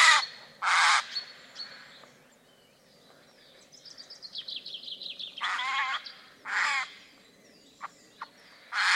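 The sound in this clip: Eurasian jay rasping screeches, two at the start, then a descending stuttering series of notes, more harsh screeches and a final screech.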